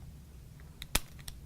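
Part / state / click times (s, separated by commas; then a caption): handle latch into carrying slot on a crimp tool / seated / 1.0 s. The handle latch of a keystone crimp tool is pushed into its carrying slot on the tool so it stays out of the way when closing the handles. A few faint ticks lead into one sharp, bright click at 1.0 s, followed by a quieter tick. The latch is seated and locked in place.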